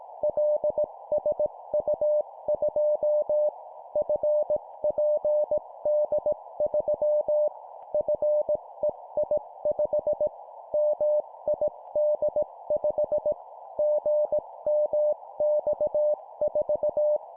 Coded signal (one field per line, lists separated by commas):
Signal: Morse code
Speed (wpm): 18 wpm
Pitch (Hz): 600 Hz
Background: none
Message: LSU2 FPD3 FEI5 MID5 GMX4